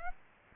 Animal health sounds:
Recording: mosquito wingbeat signal from an infrared sensor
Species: Aedes aegypti

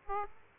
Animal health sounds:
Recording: mosquito wingbeat signal from an infrared sensor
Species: Aedes aegypti

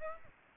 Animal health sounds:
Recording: mosquito wingbeat signal from an infrared sensor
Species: Aedes aegypti

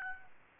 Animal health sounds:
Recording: mosquito wingbeat signal from an infrared sensor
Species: Aedes albopictus

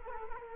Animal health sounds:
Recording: mosquito wingbeat signal from an infrared sensor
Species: Culex quinquefasciatus

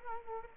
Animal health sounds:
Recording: mosquito wingbeat signal from an infrared sensor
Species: Culex quinquefasciatus

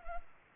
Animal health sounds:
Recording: mosquito wingbeat signal from an infrared sensor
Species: Culex pipiens

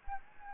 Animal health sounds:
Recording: mosquito wingbeat signal from an infrared sensor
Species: Anopheles gambiae

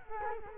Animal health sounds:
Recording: mosquito wingbeat signal from an infrared sensor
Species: Culex quinquefasciatus

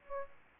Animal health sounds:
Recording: mosquito wingbeat signal from an infrared sensor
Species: Aedes aegypti

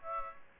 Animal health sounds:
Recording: mosquito wingbeat signal from an infrared sensor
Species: Aedes aegypti

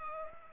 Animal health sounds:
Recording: mosquito wingbeat signal from an infrared sensor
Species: Culex pipiens

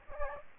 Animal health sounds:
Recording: mosquito wingbeat signal from an infrared sensor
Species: Aedes aegypti

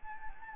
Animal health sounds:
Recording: mosquito wingbeat signal from an infrared sensor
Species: Anopheles gambiae

